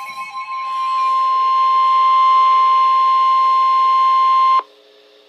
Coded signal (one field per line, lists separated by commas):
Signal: Emergency Alert System (SAME) tones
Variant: 1050 Hz attention tone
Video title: Severe T'Storm Warning (EAS #136)-NOAA